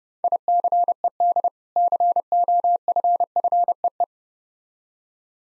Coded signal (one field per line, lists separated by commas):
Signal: Morse code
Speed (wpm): 30 wpm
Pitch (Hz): 700 Hz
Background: none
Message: ICED COFFEE